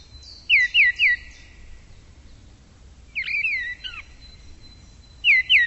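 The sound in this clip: Bird calls: a quick trio of high squeaky chirps, a longer warbled phrase after a pause, then two more chirps at the end; a faint steady high whine underneath.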